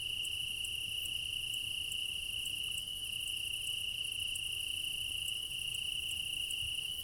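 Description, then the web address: Crickets in a dense chorus trilling without pause: a high steady tone plus faint rhythmic ticks above it. Meadow at night in Crimea in summer; many crickets; quad ambience recorded with ORTF microphone pair offset by 3 m, front pair. "Alexander Kopeikin - Quad ambience of Crimea in summer 20 meadow night ambience, crickets, ortf offset by 3 m, front"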